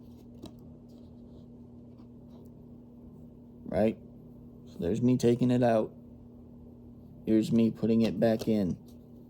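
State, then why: Not seated. A plastic video game disc is handled at the center hub of its plastic storage case, taken out and then being pressed back on, while someone talks over a low steady hum. A faint brief tick sounds near 0.5 s. The disc has not yet clicked onto the hub or seated by the end of the clip.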